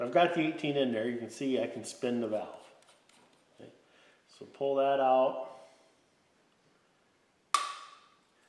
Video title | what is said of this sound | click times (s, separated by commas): Model T Ford Engine Build 15 | you heard it snap down so it is just touching so my suggestion would be to take off | 7.5 s